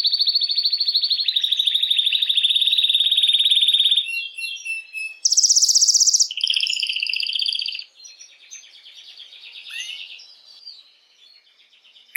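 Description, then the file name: Canary song with a long, even rattling trill for four seconds, a harsh high burst, a lower roll, then softer warbling. Belgian mosaic canary. "canto do canario belga mosaico"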